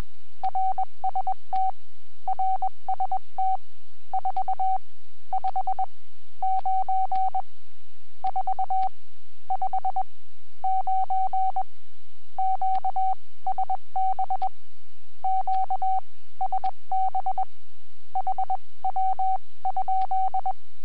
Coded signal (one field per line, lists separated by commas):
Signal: Morse code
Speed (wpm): 21 wpm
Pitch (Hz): 760 Hz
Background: none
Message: RST RST 459 459 QSB QSB HW?